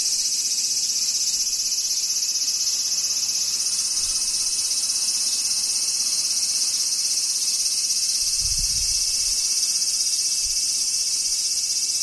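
Cicadas shrill without pause, a dense, bright buzzing that holds steady from start to finish with no breaks. A fainter, higher whine rides along for the first few seconds, then drops out. A soft low thump comes through around the eighth second.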